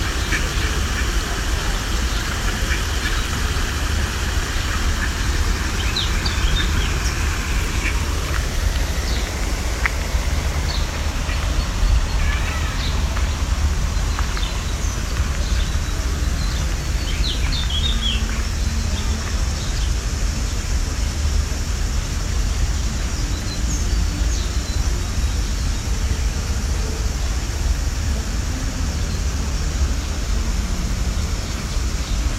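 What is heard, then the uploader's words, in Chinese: Birds call beside a city park over a steady, heavy rumble of traffic that never lets up. Short, bright chirps and whistles come scattered through the recording, busiest in the first half, with a few quack-like calls mixed in. 丽池公园旁的鸟叫。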